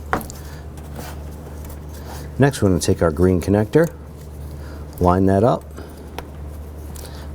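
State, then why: Seated. A green plastic electrical connector is lined up and pressed down onto its mating socket on the engine of a 2007-2011 Honda Civic during serpentine belt and tensioner replacement. Someone talks, then a short sharp click sounds at 6.2 s as the connector seats and secures.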